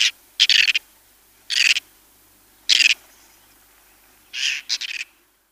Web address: Schulze Peter Whiskered Tern